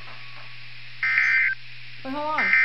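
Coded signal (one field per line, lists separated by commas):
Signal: Emergency Alert System (SAME) tones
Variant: end-of-message bursts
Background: speech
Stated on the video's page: Severe thunderstorm warning on NOAA weather radio transmitter WNG706, Garner, North Carolina.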